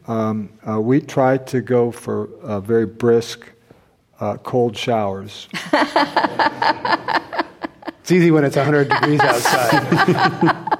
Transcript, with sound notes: we try to go for very brisk, cold showers.
[Laughter]
It's easy when it's a hundred degrees outside.